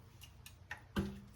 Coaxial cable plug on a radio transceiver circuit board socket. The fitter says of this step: you hear it snapping off that's j09 and then